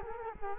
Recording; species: mosquito wingbeat signal from an infrared sensor; Culex quinquefasciatus